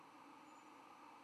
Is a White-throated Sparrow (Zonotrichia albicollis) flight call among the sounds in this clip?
no